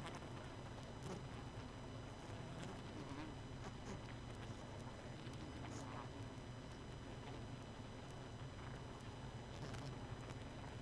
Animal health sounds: honeybee colony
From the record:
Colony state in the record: missing queen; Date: 31 May 2018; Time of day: 23:16

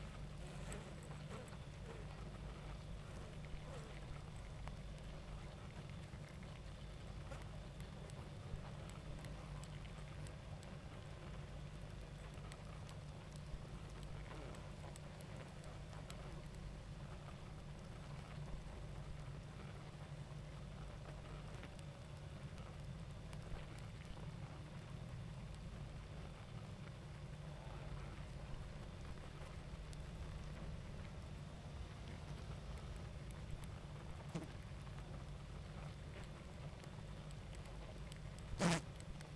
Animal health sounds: honeybee colony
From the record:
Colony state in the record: active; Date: 28 July 2017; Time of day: 21:23

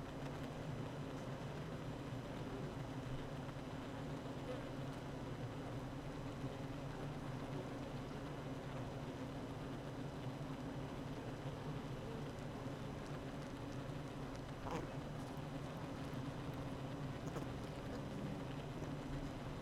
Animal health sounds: honeybee colony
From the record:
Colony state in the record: active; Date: 12 June 2018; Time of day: 8:12

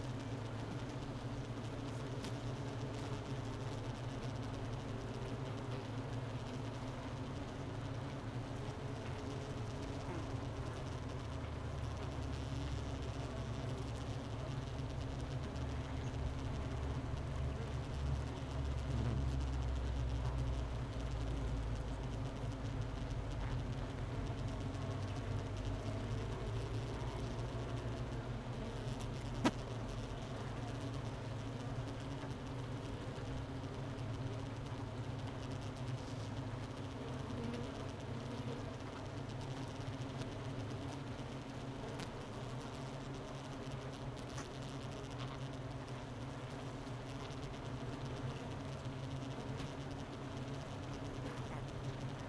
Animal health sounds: honeybee colony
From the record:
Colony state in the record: missing queen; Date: 31 May 2018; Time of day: 11:53

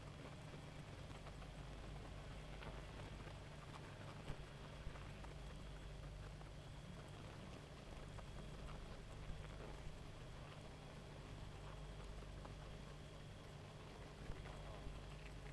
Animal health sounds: honeybee colony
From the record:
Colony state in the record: active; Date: 28 July 2017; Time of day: 1:28

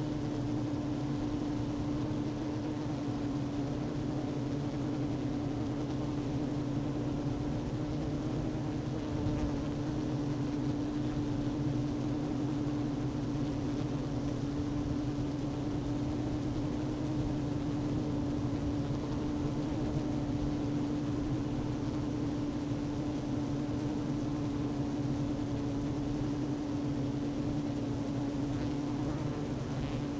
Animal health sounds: honeybee colony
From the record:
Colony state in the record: active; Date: 12 June 2018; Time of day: 11:35

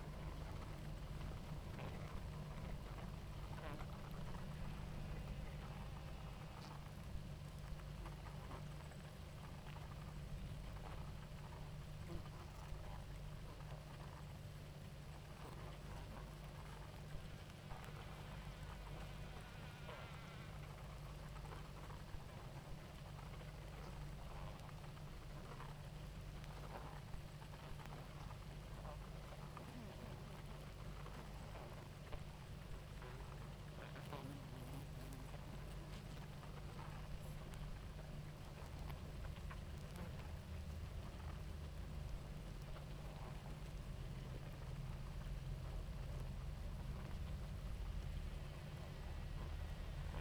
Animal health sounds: honeybee colony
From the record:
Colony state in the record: active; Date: 28 July 2017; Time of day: 18:44

